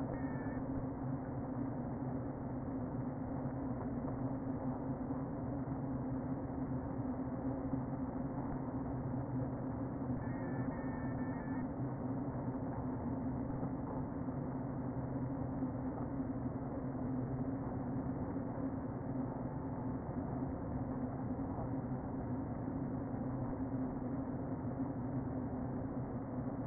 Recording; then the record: honeybee colony, microphone inside the hive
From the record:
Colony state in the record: queen present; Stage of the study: before two queens were removed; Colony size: about 60,000 bees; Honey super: yes